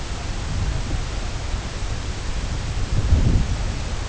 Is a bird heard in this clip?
no